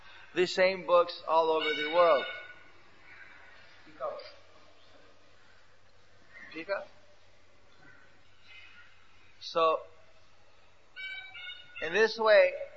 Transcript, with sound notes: the same books all over the world. So… (bird calling) So in this way